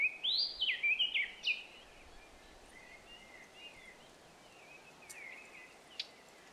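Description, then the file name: Eurasian blackcap song: a loud burst of clear, fluty whistled notes in the first second and a half, then soft, scratchy warbling continuing faintly. "Sylvia atricapilla"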